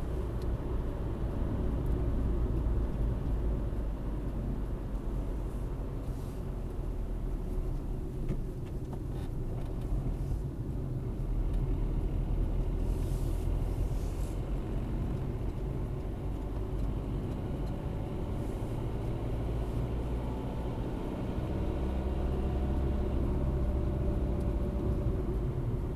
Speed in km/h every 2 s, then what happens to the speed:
60, 52, 45, 36, 31, 31, 34, 35, 36, 42, 47, 50, 47.
0-8 brakes to 31. 8-21 speeds up to 50.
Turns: 5-9.